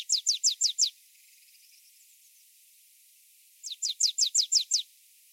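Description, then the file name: Marsh tit giving two rapid runs of high, downslurred chips, five notes then seven, separated by a pause of nearly three seconds. "Poecile palustris"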